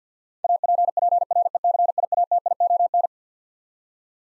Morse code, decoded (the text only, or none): APPRECIATION